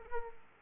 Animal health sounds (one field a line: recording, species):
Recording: mosquito wingbeat signal from an infrared sensor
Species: Aedes aegypti